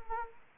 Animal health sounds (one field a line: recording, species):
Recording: mosquito wingbeat signal from an infrared sensor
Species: Anopheles arabiensis